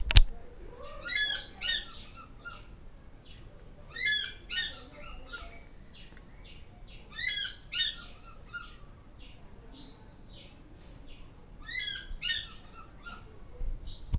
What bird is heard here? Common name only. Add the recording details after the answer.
African Fish-eagle. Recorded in Lake Mburo, Uganda